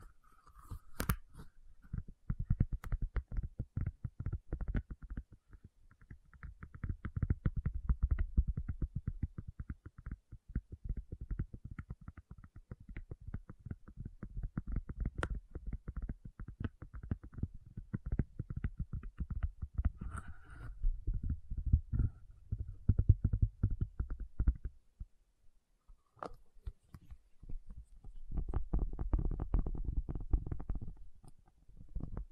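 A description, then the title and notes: Dense, uneven tapping runs nearly throughout, low and thumpy, in rapid bursts with brief pauses near 25 and 27 seconds. Tapping Session (No Talking).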